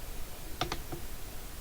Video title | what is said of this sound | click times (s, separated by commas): Made In Space Nasa Wrench Tips 20180323 143258 762 | you should hear a little snap where | 0.6 s, 0.7 s